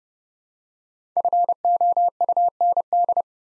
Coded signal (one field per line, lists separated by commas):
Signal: Morse code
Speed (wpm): 30 wpm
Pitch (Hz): 700 Hz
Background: none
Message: FOUND